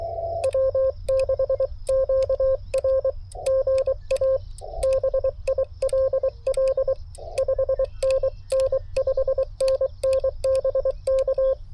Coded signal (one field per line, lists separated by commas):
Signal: Morse code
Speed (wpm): 23 wpm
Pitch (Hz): 530 Hz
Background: radio noise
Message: W6QR GA BILL 5NN 5NN BK